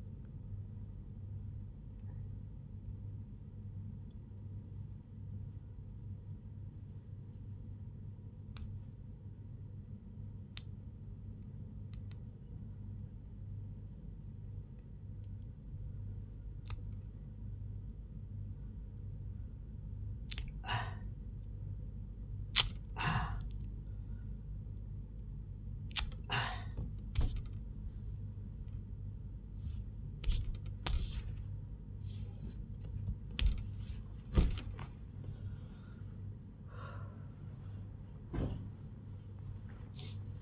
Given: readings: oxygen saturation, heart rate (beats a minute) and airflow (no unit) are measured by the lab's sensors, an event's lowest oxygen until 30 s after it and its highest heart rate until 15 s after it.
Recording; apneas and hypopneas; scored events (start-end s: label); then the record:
a person awake in a sleep study, by a smartphone at the bedside; none
none scored
From the record:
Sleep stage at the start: awake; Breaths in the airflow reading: 13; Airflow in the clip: -0.8 to 0.6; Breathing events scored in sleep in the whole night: 158 in 7.3 hours asleep